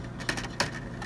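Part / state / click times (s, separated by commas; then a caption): removable part into its housing in an appliance / seated / 0.3 s, 0.6 s. A removable part is pushed one-handed, with the non-dominant left hand, into its housing in an appliance, near where a waste receptacle and lever are removed and refitted. Two sharp clicks sound at 0.3 s and 0.6 s, followed by a fainter tick at 1.0 s. The part is seated and locked in.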